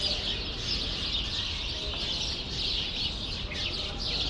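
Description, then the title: Sparrows giving a busy flock chatter of sharp, high chirps that overlap without pause, over a soft low background hum. Sparrows in a grove in Brussels, Belgium; recorded with AB-spaced stereo microphones into a portable field recorder. "Rue Saint-Jean Népomucène 13, 1000 Bruxelles, Belgique - Sparrows - Moineaux"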